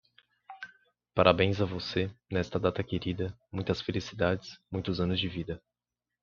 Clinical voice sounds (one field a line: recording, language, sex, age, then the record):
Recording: short text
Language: Brazilian Portuguese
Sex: male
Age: 20 to 29 years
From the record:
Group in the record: control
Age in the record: 21 years